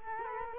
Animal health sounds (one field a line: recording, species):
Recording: mosquito wingbeat signal from an infrared sensor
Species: Culex quinquefasciatus